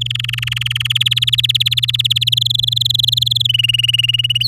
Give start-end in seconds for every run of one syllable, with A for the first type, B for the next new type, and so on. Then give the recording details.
0.01-0.87 A, 0.90-2.29 B, 2.32-3.47 C, 3.49-4.43 D. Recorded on 10 May 2018 at 15:29. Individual llb16